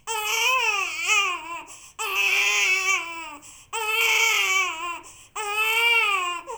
Baby Cry.